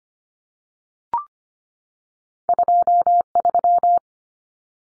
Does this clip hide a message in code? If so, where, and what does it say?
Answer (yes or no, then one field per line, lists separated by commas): yes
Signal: Morse code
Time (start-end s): 2.5-4.0 s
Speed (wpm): 25 wpm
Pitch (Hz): 700 Hz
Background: none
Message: 23